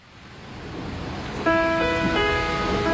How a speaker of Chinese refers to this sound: 听见下雨的声音的时候，你是觉得自在，还是孤单呢？